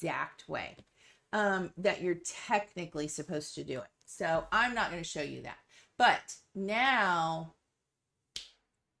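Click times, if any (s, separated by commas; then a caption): 8.4 s. Someone talks for most of the clip, then after a short pause the plastic cap is pushed back onto an alcohol ink art marker following marker maintenance. A single sharp snap at 8.4 s shows the cap has seated correctly.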